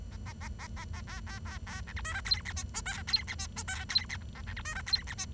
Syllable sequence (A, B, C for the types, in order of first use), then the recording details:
A A A A A A B B B B C D E F G H I J K G H I J K G H A C D E F G H I. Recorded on 23 June 2012 at 08:59. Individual gr41rd51